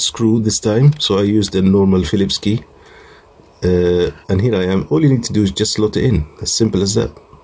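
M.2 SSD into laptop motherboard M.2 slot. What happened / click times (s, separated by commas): The card is being handled and slid toward its slot, but no seating click is heard / none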